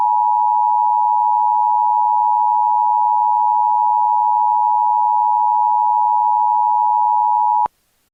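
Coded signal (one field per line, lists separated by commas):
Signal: Emergency Alert System (SAME) tones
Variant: 853 and 960 Hz attention tone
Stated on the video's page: Fictional EAS scenario, a created recreation rather than a real alert.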